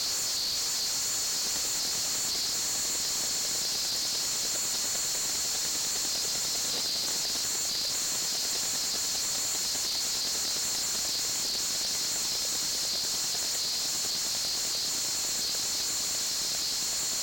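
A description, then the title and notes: A wireless router starting up gives off a steady, high-pitched electronic whine layered over a constant hiss. The tone holds level for the whole stretch, with two thin bright squeals sitting high above a faint, even background and no distinct events. DLink DIR - 655 Wireless Router Starting Up. A series of recordings performed with an Elektrosluch 3 active induction microphone.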